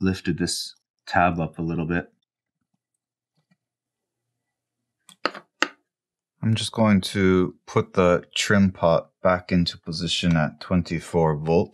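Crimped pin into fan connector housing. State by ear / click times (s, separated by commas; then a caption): seated / 5.3 s, 5.6 s. A crimped fan-wire connector pin from an Elegoo Neptune 2S power supply fan is slid back into its plastic connector housing after its retaining tab was lifted a little, needing little force. After someone talks and a quiet pause, sharp clicks come at 5.3 s and 5.6 s as the pin pops in and seats. Someone then talks again.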